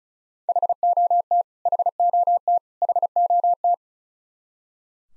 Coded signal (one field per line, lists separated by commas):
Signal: Morse code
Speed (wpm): 36 wpm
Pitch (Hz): 700 Hz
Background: none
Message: HOT HOT HOT